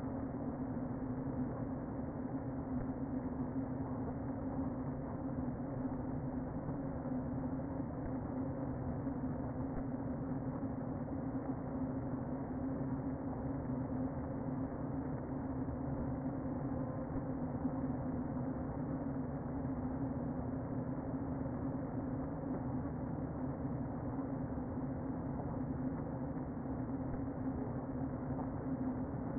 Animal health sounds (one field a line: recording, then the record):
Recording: honeybee colony, microphone inside the hive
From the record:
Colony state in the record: queen present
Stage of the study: before two queens were removed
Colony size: about 60,000 bees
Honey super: yes